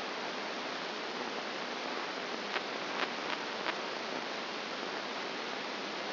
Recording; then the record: brain microelectrode recording played as sound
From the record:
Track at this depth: outside the subthalamic nucleus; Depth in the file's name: 5.501 mm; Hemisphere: left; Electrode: 2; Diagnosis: Parkinson's disease